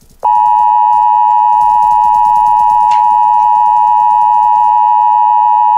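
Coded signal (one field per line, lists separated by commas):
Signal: Emergency Alert System (SAME) tones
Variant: 853 and 960 Hz attention tone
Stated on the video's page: Valid SAME tones.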